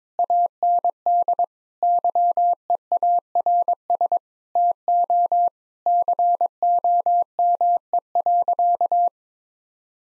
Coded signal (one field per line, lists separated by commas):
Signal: Morse code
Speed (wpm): 22 wpm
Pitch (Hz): 700 Hz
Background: none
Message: AND YEARS TO COME.